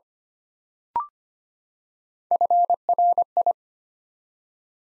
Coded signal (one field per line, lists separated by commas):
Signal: Morse code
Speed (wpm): 25 wpm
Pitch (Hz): 700 Hz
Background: none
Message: FRI